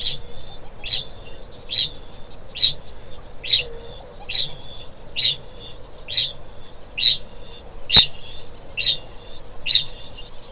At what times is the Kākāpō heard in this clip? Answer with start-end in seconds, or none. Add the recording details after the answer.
0.00-10.52. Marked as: faintness 3/5. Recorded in New Zealand. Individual Stumpy